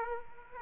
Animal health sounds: mosquito wingbeat signal from an infrared sensor; Aedes aegypti

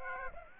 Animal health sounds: mosquito wingbeat signal from an infrared sensor; Aedes aegypti

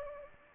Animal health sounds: mosquito wingbeat signal from an infrared sensor; Anopheles gambiae

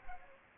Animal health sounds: mosquito wingbeat signal from an infrared sensor; Aedes aegypti

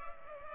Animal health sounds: mosquito wingbeat signal from an infrared sensor; Culex pipiens

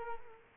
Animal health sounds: mosquito wingbeat signal from an infrared sensor; Culex quinquefasciatus

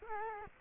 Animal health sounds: mosquito wingbeat signal from an infrared sensor; Culex quinquefasciatus

